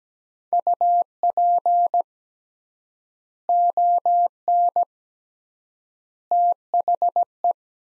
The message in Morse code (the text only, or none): UP ON THE